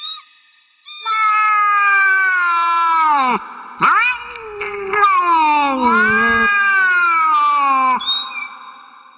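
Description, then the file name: Cat giving a few loud, drawn-out, wailing meows with short breaks between them. "gatos"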